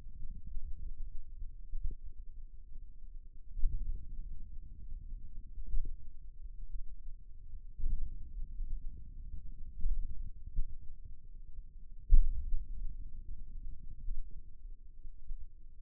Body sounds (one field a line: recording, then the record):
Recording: forearm muscle sounds (acoustic myography)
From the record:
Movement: hand opening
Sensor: system 2, bracelet of six BSWA MPA416 microphones around the upper forearm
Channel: 3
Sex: male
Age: 22 years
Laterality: right